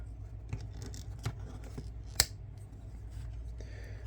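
A plastic shin piece on the other leg of a Transformers Studio Series ROTB Voyager Rhinox action figure is pulled forward until it locks into place. Light handling and scratchy plastic sounds come first, then one sharp, loud click at 2.2 s as the shin piece seats.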